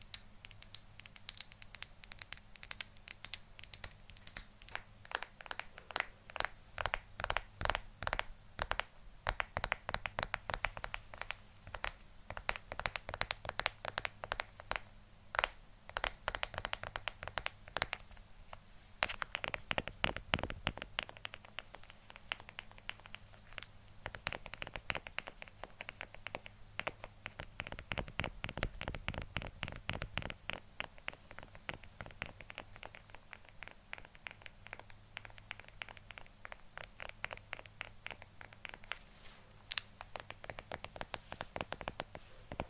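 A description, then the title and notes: Tapping with fingers, crisp, in quick irregular bursts that run through the whole recording. Sharp clicky taps cluster densely at times, with brief pauses and some crinkling scratches, over a faint low hum. ASMR Tapping For Sleep & Relaxation.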